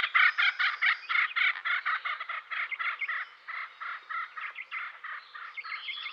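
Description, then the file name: Acorn woodpecker giving a rapid series of harsh, nasal notes. "dan gibsons solitudes acorn woodpecker"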